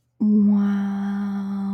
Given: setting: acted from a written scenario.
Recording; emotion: vocal sound without words; awe